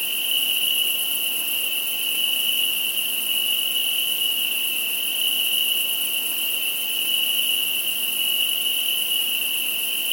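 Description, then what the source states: Insects sustaining a high, uniform trilling drone, two bright tones running without pause throughout. Insects at night.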